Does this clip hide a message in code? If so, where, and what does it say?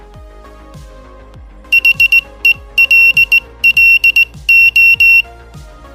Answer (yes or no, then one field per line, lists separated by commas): yes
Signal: Morse code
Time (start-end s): 1.7-5.2 s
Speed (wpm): 18 wpm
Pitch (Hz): 2750 Hz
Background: music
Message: HELLO